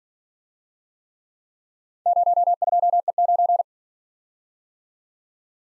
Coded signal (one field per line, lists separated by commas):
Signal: Morse code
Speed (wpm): 51 wpm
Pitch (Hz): 700 Hz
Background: none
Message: 02E9